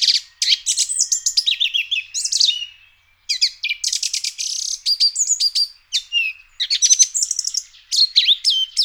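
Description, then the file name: Song thrush song: varied loud phrases of whistles and sharp notes, many repeated two or three times, with brief pauses between bursts. "turdus philomelos"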